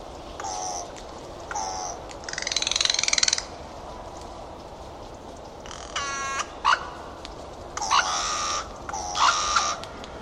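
Bird calls: several harsh, buzzy, rattling bursts and short sharp notes, some with stacked harmonics, coming in irregular bouts.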